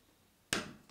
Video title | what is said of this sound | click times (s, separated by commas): Fitting & Hanging French Doors | and add the plate which just snaps in place. | 0.5 s